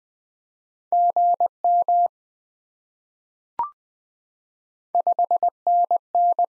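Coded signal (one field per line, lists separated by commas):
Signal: Morse code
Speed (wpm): 20 wpm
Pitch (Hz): 700 Hz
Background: none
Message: GM 5NN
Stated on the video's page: Morse code QSO elements at 20 wpm, each sent, spoken, then sent again.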